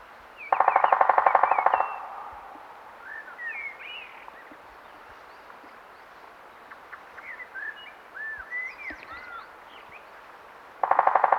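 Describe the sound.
Three-toed woodpecker drumming, a fast even roll of about a second, repeated near the end, with thin whistled and chipping calls of other birds in between.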